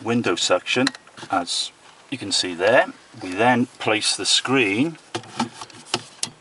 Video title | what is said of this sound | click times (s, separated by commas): Dragon Taxis (Cardiff) Minos Instruction Film | onto the front and that locks in place there cool | 5.9 s, 6.2 s